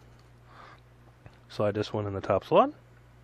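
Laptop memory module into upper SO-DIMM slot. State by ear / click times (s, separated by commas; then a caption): not seated / none. A second SO-DIMM memory stick for an HP ProBook 4520s laptop is handled on its way into the upper slot while someone talks from about 1.6 to 2.7 s, with a faint tick near 1.3 s. The module has not seated or clicked into place yet.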